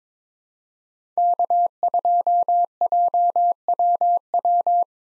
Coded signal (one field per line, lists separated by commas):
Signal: Morse code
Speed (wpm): 22 wpm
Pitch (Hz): 700 Hz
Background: none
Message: K2JWW